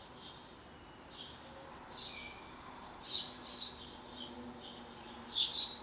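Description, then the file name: House sparrow chirping, scattered short notes with several louder chirps in the second half. "Passer domesticus"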